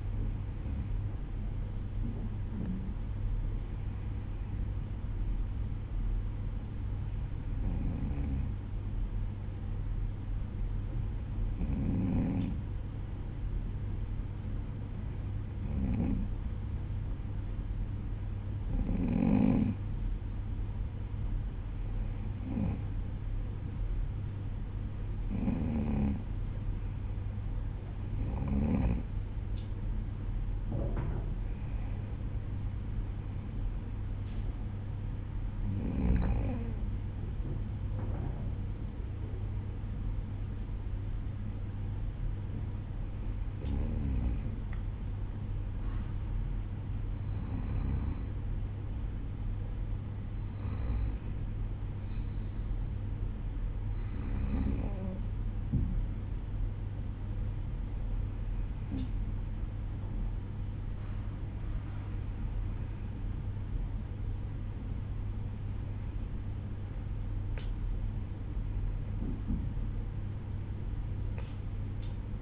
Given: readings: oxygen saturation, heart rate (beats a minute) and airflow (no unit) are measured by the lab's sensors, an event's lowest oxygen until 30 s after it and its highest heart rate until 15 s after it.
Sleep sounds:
breathing in sleep by a smartphone at the bedside; none
none scored
From the record:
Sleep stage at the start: N1 (lightest sleep); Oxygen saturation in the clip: 94 to 95%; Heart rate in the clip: 55 to 58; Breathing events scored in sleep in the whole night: 305 in 9.6 hours asleep

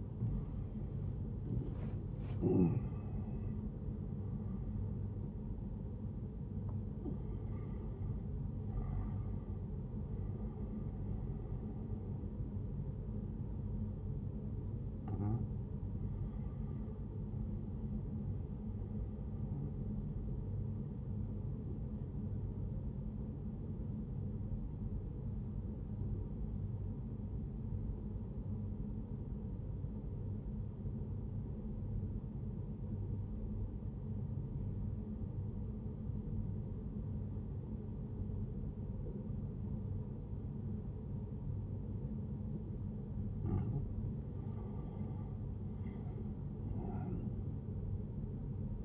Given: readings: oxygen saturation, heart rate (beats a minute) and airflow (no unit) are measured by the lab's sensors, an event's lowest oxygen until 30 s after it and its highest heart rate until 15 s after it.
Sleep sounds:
breathing in sleep by a smartphone at the bedside; 1
23.00-43.70 s: obstructive apnea (N1, oxygen 95% highest, then 91% lowest, heart rate 75 at the start, 84 highest)
From the record:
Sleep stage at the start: N1 (lightest sleep); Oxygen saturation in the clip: 93 to 96%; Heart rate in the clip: 70 to 82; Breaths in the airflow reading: 6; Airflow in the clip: -7.3 to 7.8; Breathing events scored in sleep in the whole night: 131 in 7.2 hours asleep

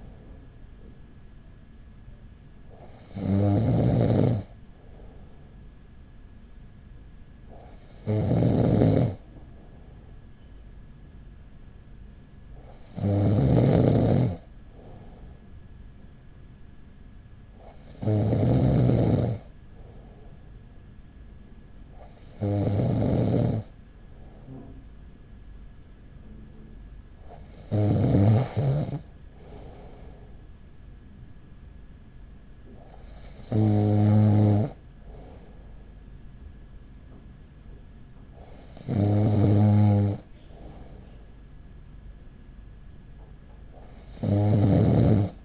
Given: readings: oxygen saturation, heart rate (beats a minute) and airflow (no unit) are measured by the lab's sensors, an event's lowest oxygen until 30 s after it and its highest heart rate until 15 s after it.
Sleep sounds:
breathing in sleep by a smartphone at the bedside; none
none scored
From the record:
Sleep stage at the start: N2 (light sleep); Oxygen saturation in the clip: 95 to 96%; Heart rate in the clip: 40 to 43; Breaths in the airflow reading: 8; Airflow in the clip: -5.9 to 7.1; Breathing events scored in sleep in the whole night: 207 in 7.6 hours asleep

